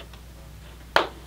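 A press snap at the back of the fabric top comfort pad in a Vemar Eclipse motorcycle helmet shell is unfastened to remove the pad. A faint tick sounds at 0.1 s, then a sharp, loud pop at 1.0 s as the snap comes apart and releases.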